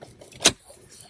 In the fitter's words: But this unsnaps pretty easy,